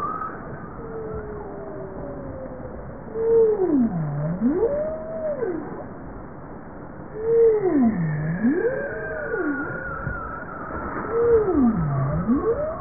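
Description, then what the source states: Bowhead whale calling: three low, smooth, swooping moans that dip and rise again, roughly four seconds apart, with faint higher sweeping tones and a constant background rumble. Recorded 19 April 1988 at 02:03.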